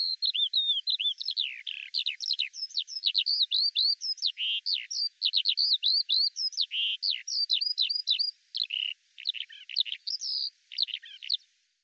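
Eurasian skylark song pouring out for about eleven seconds, rapid rippling trills mixed with sharp chirps and slurred whistles, ending abruptly in silence.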